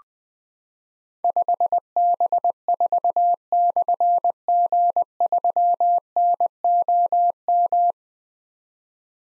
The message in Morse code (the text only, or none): 5B4/G3NOM